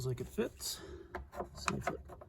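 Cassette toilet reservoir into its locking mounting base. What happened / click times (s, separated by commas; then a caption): Handled, not yet home: the reservoir has not snapped into its mount / none. Someone talks while a plastic cassette toilet reservoir is handled and lined up to be pressed down into its mounting base and plastic locking piece, with soft rubbing and light handling knocks under the speech. Nothing has seated or clicked yet.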